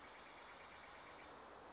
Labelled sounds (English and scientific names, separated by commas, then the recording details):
Steller's Jay (Cyanocitta stelleri)
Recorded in Sonoma County, California